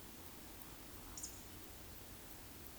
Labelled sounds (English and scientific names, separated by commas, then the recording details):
Eurasian Woodcock (Scolopax rusticola) whistle, Eurasian Woodcock (Scolopax rusticola) croak
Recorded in Baden-Württemberg, Germany, on 13 June 2021 at 20:19 UTC
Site 23718, 552 m above sea level